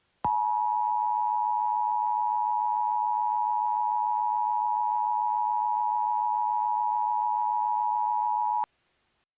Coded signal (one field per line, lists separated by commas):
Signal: Emergency Alert System (SAME) tones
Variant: 853 and 960 Hz attention tone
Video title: EAS Scenario - We Are Not Alone